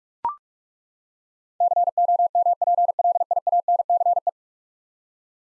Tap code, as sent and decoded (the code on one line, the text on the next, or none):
none